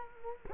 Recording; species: mosquito wingbeat signal from an infrared sensor; Culex quinquefasciatus